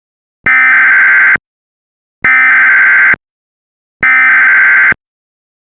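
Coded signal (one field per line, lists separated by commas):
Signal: Emergency Alert System (SAME) tones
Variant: header bursts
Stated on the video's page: Mock EAS alert, not real.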